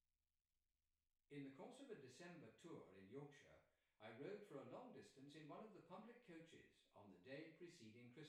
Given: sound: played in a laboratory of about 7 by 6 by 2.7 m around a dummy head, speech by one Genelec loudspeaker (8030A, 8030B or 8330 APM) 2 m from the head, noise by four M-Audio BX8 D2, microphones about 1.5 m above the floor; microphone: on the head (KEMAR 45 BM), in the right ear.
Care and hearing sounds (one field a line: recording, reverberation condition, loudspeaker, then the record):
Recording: male speech in English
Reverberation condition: medium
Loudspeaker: 60 degrees to the left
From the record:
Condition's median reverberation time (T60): about 510 ms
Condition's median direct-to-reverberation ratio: about -0.5 dB